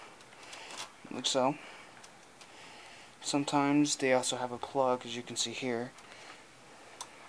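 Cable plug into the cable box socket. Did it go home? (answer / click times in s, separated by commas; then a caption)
yes / 7.0 s. A cable plug is pushed into its socket on a new cable box being hooked up. Someone talks, then a sharp click at 7.0 seconds shows the plug seated.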